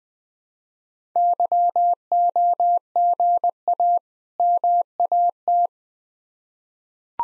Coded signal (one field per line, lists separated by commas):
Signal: Morse code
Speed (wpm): 20 wpm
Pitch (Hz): 700 Hz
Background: none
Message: YOGA MAT